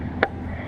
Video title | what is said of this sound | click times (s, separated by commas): Oil Change on a Ram Promaster Van 3.6l V6 Engine | wanna make sure it clicks in | 0.2 s